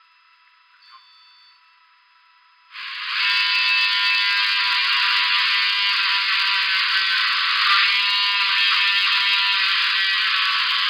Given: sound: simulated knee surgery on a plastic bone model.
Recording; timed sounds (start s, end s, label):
surgical tools on bone
2.85	10.89	sawing